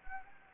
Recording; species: mosquito wingbeat signal from an infrared sensor; Anopheles gambiae